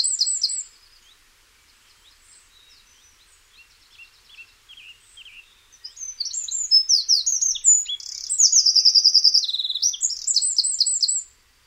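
Wren song: a brief high trill opens, then a quieter stretch of soft notes, then a loud, rapid cascade of very high notes and fast trills runs for about five seconds before stopping abruptly.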